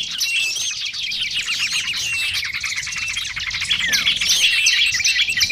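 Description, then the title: Lovebird chatter of rapid, shrill chirps and squeaky twitters, growing louder and more insistent toward the end. Lure call used for trapping lovebirds. "PIKAT BURUNG LOVEBIRD"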